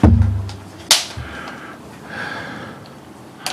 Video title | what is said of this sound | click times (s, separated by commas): The BEST Paranormal INSTRUMENTS. | It's snapped into place. | 0.9 s